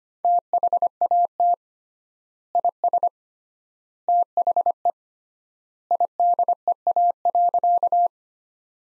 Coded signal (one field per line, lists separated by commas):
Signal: Morse code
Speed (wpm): 25 wpm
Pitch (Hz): 700 Hz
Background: none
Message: THAT IS THE IDEA.